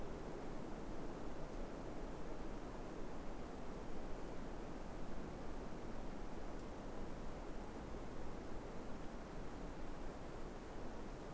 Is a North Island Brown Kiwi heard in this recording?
no